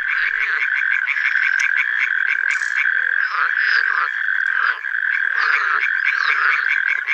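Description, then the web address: Frog chorus of many overlapping callers, steady rattling croaks merging into an unbroken pulsing drone with rapid repeated notes. Frog concert (chorus) recorded in a forest. "Tajemnice puszczy Koncert zab"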